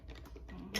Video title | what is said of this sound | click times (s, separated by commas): Create your own gels for AD200 diffuser. | It just pops right in there. | 0.8 s